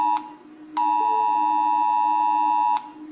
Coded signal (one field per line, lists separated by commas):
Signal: Emergency Alert System (SAME) tones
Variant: 853 and 960 Hz attention tone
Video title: rating eas alarms... after a long time